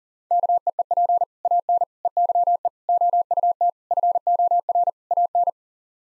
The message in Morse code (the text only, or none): KEEP AN EYE OUT FOR AN